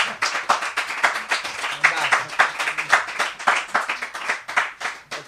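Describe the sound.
Steady audience applause, a dense rattle of many hands clapping in quick irregular bursts, fairly loud throughout with faint murmuring voices underneath.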